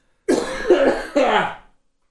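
Three quick, harsh, partly voiced coughs from an adult man follow one another within about a second and a half, with a throat-clearing quality, brought on by eating popcorn rather than illness. The room sounds small and close, with no other background sound.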